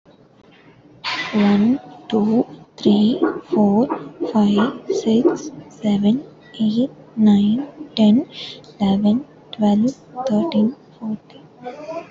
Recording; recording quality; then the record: counting at a normal pace; poor, much background noise or distortion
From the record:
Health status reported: healthy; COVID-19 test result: negative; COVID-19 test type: RT-PCR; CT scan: not taken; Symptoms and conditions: none ticked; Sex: female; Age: 22 years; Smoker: no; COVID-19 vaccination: both doses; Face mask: worn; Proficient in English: yes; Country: India